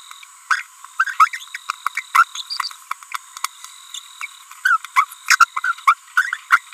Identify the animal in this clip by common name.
Green-rumped Parrotlet